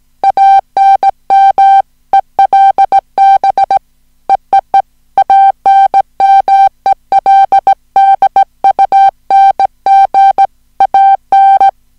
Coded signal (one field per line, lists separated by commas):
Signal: Morse code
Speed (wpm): 18 wpm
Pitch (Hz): 780 Hz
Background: music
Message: ANMELB EEE ANMELDUNG AN